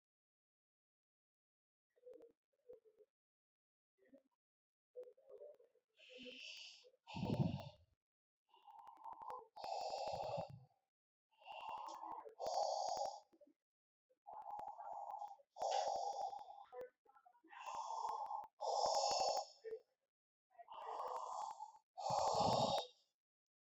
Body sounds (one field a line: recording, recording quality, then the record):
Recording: deep breathing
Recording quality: excellent, no background noise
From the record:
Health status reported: exposed to COVID-19, no respiratory illness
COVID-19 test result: negative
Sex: male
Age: 53 years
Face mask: worn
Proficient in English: yes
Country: India